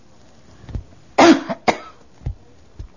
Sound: she coughs

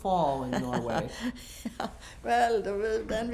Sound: she laughs

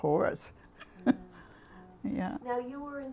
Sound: she laughs

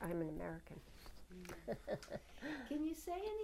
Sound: she laughs

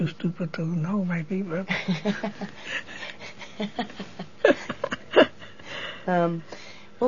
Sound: both laugh

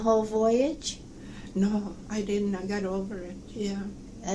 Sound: none

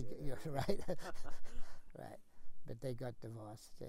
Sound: laughs

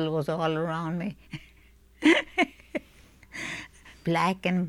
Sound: she laughs

